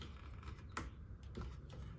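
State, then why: Seated. A dust extraction port adapter is slid onto the dust outlet of a Bosch GKS190 circular saw and pushed until it seats. Soft scraping and handling knocks surround one sharp, bright click at 0.8 s, when the adapter clicks into place on the outlet. There is no talk in the clip.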